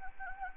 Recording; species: mosquito wingbeat signal from an infrared sensor; Anopheles gambiae